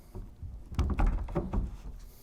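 A sauna lid panel has its male and female sides lined up and fed into the mating lid section, with soft handling thumps and scrapes around 0.8 s and again near 1.3 and 1.5 s. This is alignment only: the lid has not yet slid back or locked into place.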